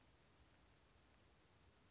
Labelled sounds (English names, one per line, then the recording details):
Chestnut-backed Chickadee
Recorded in Sonoma County, California